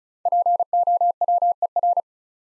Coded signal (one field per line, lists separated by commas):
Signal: Morse code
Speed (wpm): 34 wpm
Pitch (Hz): 700 Hz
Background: none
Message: POWER